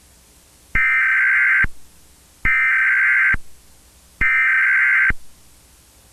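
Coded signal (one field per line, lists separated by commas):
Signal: Emergency Alert System (SAME) tones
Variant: header bursts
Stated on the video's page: Fictional EAS scenario in analog horror style, described as containing valid EAS tones.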